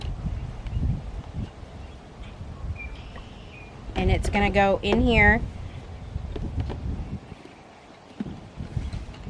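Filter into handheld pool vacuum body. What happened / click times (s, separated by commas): The filter part is set in place without a locking click / none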